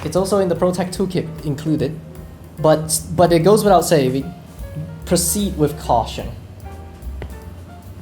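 A plastic pry tool lifts the front display panel of an old iPhone, and one of the plastic clips holding the panel to the smartphone frame pops open with a sharp click at 7.2 s. Someone talks over music beforehand, and the panel clip is released.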